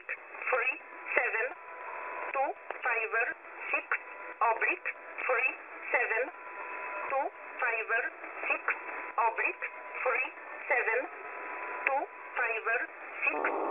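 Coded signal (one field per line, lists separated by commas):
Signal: numbers station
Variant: E11, English-language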